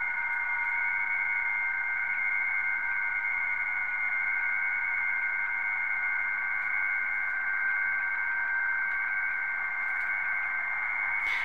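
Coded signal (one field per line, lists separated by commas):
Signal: PSK31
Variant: BPSK31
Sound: several steady, warbling narrow tones held over constant radio hiss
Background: radio static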